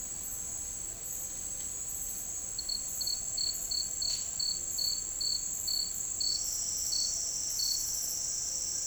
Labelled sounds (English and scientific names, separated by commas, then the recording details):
none
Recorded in dense forest near Puerto Asís, Putumayo, Colombia, on 13 March 2025 at 10:30
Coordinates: 0.485, -76.318
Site G056